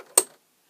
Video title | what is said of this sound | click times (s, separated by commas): Winding a bobbin on a Janome 8200QC | That click means it slipped underneath a bracket, | 0.2 s